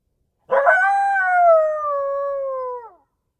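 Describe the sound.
Coyote howl: a single clean tone about two and a half seconds long, rising sharply at the start, then holding steady and sliding gently downward before cutting off.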